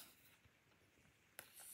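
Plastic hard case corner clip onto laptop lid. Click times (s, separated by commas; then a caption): 1.4 s. A corner clip on an EooCoo plastic hard shell case, made for the MacBook Air 13 inch M1 (2021–2018, Retina Display), is pressed onto the corner of the laptop lid. After quiet, faint rustling, one sharp click lands at 1.4 s. The clip only barely latches, because it takes a lot of pressure to seat.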